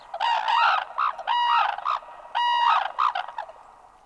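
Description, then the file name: Red-crowned crane calling: several bugling honks in two bursts. "Japansk trana"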